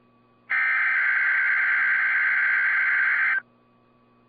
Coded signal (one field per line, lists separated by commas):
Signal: Emergency Alert System (SAME) tones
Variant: header bursts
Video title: 4/6/22 - KIH28 Required Weekly Test (EAS #416)